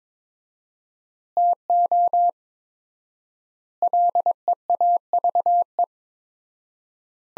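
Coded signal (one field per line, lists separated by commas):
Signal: Morse code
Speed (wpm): 22 wpm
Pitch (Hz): 700 Hz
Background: none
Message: TO LEAVE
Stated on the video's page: Morse sentences from top 400 words at 22 wpm with 4x standard word spacing, a Farnsworth-like practice drill for head-copy.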